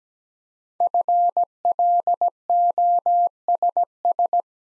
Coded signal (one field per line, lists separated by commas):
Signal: Morse code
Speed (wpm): 17 wpm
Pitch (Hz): 700 Hz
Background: none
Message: FLOSS